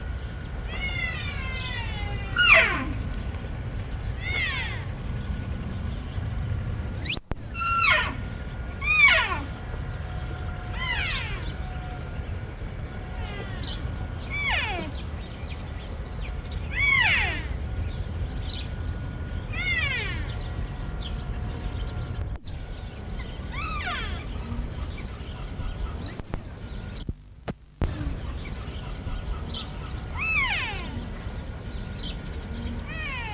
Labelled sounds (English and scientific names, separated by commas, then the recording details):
Wapiti (Cervus canadensis) call
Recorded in captivity
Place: Tierpark Berlin, Berlin, DE
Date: 1975-11-01 11:23
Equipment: Uher CR 210, Sennheiser MD 421, Kopie Uher 4200
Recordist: Tembrock, Günter